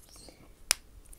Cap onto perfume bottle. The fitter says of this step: por cierto el tapón habéis oído que hace un clic verdad bueno